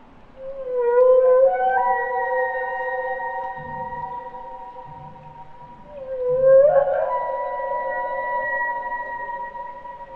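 Humpback whale song: two long upswept tonal cries, each sliding up and then holding steady with bright harmonics, separated by faint low grunts.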